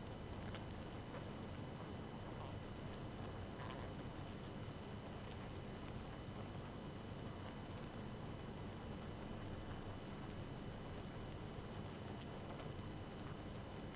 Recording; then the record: honeybee colony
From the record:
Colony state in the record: active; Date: 12 June 2018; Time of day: 2:08